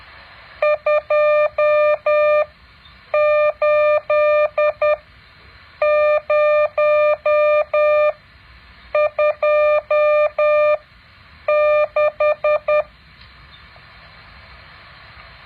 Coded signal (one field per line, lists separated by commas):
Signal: Morse code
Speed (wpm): 10 wpm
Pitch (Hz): 600 Hz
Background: none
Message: 28026